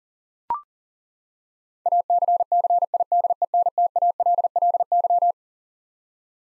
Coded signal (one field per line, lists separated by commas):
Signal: Morse code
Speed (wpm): 40 wpm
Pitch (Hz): 700 Hz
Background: none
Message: ACCIDENTALLY